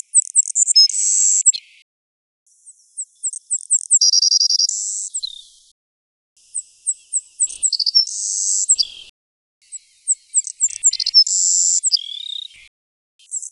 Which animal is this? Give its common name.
Savannah Sparrow